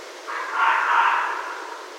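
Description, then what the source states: Red fox call, a single rough, breathy scream-like bark that swells and then tails off, with steady hiss behind. Recorded 15 January 2012.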